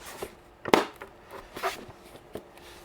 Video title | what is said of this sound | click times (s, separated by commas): Starlink Mini stormproof rooftop mount for campers and vanlife. - USA Company! | pops into place just fine and then we're going to lay this down | 0.7 s